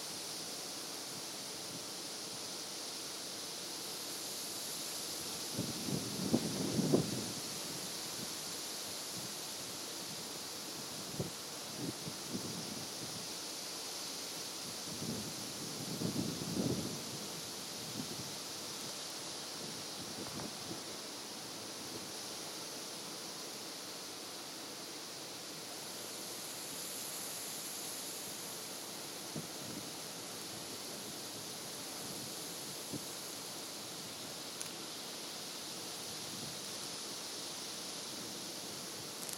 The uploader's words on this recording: A binaural recording from Manitoba's highest point, Baldy Mountain. Baldy Mountain is located in Duck Mountain.